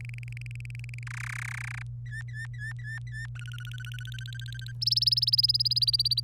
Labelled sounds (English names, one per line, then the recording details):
Domestic Canary song
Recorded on 26 April 2018 at 16:04
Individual llb3